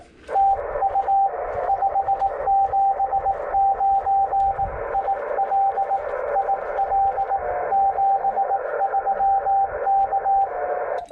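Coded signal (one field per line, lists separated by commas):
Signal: Morse code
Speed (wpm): 18 wpm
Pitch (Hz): 790 Hz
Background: radio noise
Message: TU 579 IL IL 73 K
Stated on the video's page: CW contacts on 18 MHz during a Parks on the Air activation, sent with a Vibroplex Bencher BY-2 paddle.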